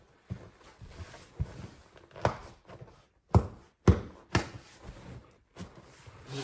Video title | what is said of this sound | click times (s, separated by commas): Adding heated seats and a USB charge port to the rear seats of my TDi Passat. | kind of feel it and hear it click in and we're good to go okay | 4.4 s